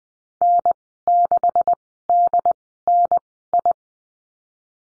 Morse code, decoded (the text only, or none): N6DNI